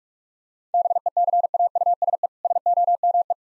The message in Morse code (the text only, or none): BECAUSE SOME